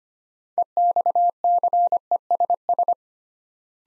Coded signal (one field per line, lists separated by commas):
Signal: Morse code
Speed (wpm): 25 wpm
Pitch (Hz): 700 Hz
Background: none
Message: EXCESS